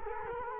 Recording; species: mosquito wingbeat signal from an infrared sensor; Culex quinquefasciatus